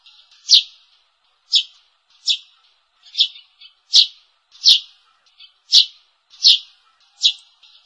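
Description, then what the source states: Sparrow chirps, loud single notes repeated roughly once a second, nine in all, with faint softer chirps between them. Lure call.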